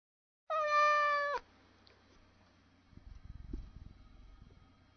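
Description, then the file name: Cat giving one long, sustained meow, followed by soft rustling and light thumps. Upset. "torre upset tabby cat"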